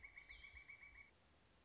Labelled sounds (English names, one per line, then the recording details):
Pileated Woodpecker
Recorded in Sonoma County, California